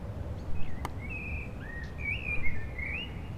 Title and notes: Rue Jacques Cartier, 73100 Aix-les-Bains, Auvergne-Rhône-Alpes, France - Merle du solstice. les merles commencent à chanter après le coucher du soleil, passages d'avions, circulation urbaine demain c'est le solstice d'hiver